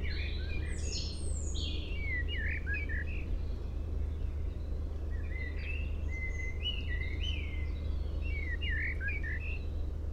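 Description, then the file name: Common blackbird giving fluty whistled phrases with squeaky high twitters near the start, repeated throughout over a steady low rumble. "Turdus merula"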